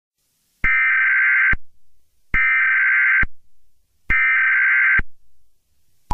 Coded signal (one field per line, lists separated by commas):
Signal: Emergency Alert System (SAME) tones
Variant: header bursts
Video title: EAS Scenario #26: Mickey Error 1 The Final Chapter